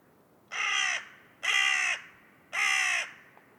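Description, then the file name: Carrion crow cawing three times, each rasping call about half a second long and roughly one second apart. "Corvus corone"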